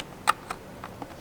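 The plastic male connector of a RaceChip add-on harness is plugged directly into the manifold pressure sensor on a Honda Civic 1.5T engine. A sharp click at 0.3 s marks it seating in place, followed by fainter ticks at about 0.5, 0.8 and 1.0 s over a low background hiss.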